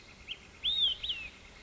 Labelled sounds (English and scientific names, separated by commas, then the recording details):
Olive-sided Flycatcher (Contopus cooperi)
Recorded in Sonoma County, California